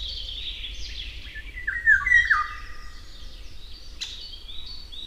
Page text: Jarek Matusiak - Обыкновенная иволга (Oriolus oriolus)